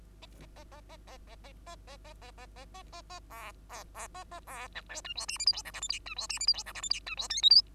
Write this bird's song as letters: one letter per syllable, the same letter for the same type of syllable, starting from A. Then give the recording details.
A A A A A A A A A A A A A A A A A B B B A A B C D E F G H I J K L M N E F G H I J K L M N E F O P Q. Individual Bird2